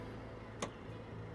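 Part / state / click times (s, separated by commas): power tailgate latch into vehicle body striker / seated / 0.6 s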